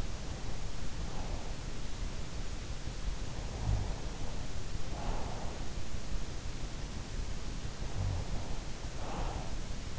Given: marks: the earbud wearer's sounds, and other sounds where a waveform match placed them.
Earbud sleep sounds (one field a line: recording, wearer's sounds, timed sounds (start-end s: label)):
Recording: sounds in sleep by an in-ear microphone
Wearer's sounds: breath, snoring breath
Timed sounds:
0.00-2.11 s: breath
3.35-5.81 s: snoring breath
7.64-9.99 s: snoring breath